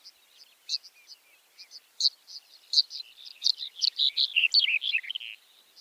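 Red-headed bunting calling, scattered high chips at first that build into a quick cluster of bright notes, then trail off.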